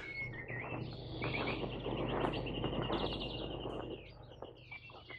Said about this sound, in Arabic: الله العصافير حواليك كتير قوي يا اشرف. استني انا هصطادها.